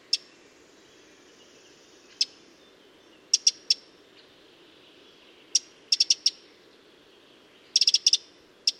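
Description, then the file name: Eurasian wren giving scattered sharp ticks and short doubled notes, with a brief rapid rattle of clicks shortly before the end. "Troglodytes troglodytes"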